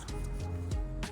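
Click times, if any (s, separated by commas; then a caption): none. A metal brake pad retaining spring is handled on the front brake caliper of a 2023 GR Corolla. Brief scraping and tapping sounds at about 0.1, 0.7 and 1.0 s play over a steady low tonal hum. Nothing has seated or clicked yet.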